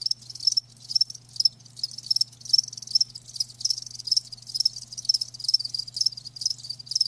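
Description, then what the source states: Crickets chirping in shrill trilled bursts that swell and fade irregularly, over a quiet low hum. Crickets chirping with a lulling song.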